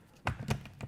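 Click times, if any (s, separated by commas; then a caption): none. A collapsible briefcase is being reattached to a compact MP5K submachine gun, slotted over the receiver's mounting lugs while the lever is pulled up toward the latch. Short handling knocks land at about 0.3 s and 0.5 s, with a fainter one near 0.8 s. The latch has not clicked and nothing has seated yet.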